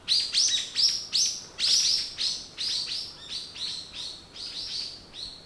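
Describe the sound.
Bird song of bright, high chirped notes repeated in a rapid series, gradually softening toward the end.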